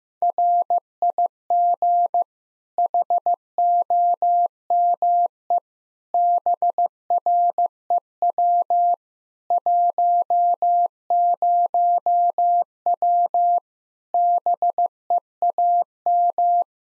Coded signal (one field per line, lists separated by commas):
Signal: Morse code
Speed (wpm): 15 wpm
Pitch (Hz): 700 Hz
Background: none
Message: RIG HOME BREW 10W BEAM